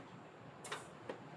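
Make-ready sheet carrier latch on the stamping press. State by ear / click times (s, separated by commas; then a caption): seated / 1.1 s. After the make-ready sheet carrier is slid into the stamping press, its latch is engaged. A brief broadband burst around 0.7 s is followed by a single light click at 1.1 s over a steady low background hum. The carrier latches and is mounted in place.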